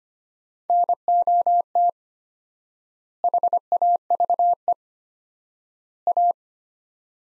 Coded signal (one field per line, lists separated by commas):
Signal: Morse code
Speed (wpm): 25 wpm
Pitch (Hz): 700 Hz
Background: none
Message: NOT HAVE A